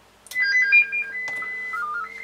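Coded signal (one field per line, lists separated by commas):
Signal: SSTV (slow-scan television)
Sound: quick melodic beeps alternating pitches, a steady high tone, then warbling low steps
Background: faint hum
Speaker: there you go you can see the uh the g90 is now uh sending that sstv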